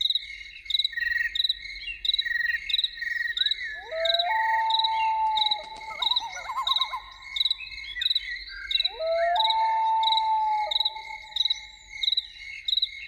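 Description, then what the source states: Loon calling two long, pure wails, each rising then holding level, with a quavering stretch between them, against steady trilling crickets throughout. Evening soundscape with loons.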